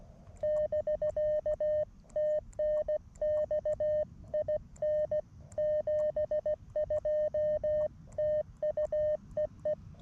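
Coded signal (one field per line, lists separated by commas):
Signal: Morse code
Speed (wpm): 17 wpm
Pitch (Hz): 610 Hz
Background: none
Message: <BK> TNX IN 72 TU EE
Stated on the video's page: QRP CW parks-on-the-air activation, sent with a mini paddle on an MTR-4B transceiver into a random wire antenna with balun and tuner.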